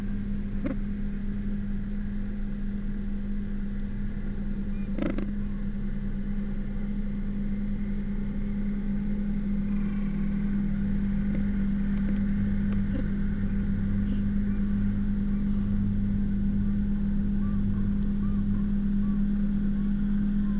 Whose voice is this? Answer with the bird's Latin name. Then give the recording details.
Pygoscelis papua. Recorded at the colony at Cuverville Island, Antarctica, on 15 December 2015. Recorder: Song Meter SM2+